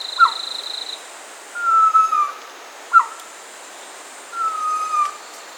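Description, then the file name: Pavonine quetzal calls: short sharp notes alternating with drawn-out, slightly falling whistles, over steady background hiss. Recorded in Peru, Amazon region. "Pavonine Quetzal (Pharomachrus pavoninus), Peru"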